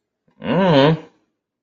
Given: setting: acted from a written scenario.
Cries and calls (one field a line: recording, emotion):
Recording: vocal sound without words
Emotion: neutral